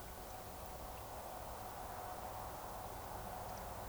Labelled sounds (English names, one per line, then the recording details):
Eurasian Woodcock whistle
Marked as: whistle, whistle
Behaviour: display flight
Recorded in Baden-Württemberg, Germany, on 15 June 2020 at 02:26 UTC
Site 43791, 788 m above sea level